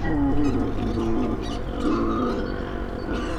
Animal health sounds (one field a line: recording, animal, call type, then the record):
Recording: contact call of a hoofed animal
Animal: wild boar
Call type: grunt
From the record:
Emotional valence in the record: negative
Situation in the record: naturally occurring agonistic interactions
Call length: 3.4 s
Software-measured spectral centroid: 1260 Hz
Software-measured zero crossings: 920 a second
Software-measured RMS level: -24 dBFS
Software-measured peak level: -10 dBFS